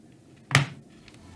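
A troublesome mechanical key switch or keycap is pushed into the keyboard plate and presses home with a sharp click at 0.6 s. The part is seated, and two faint ticks follow near 1.1 s.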